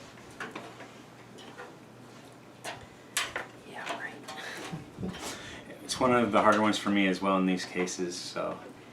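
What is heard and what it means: An 8-pin CPU power cable's plastic plug is handled at its motherboard socket, with faint taps and rustles around 0.4 and 3.2 seconds while someone talks. The connector has not clicked into place yet.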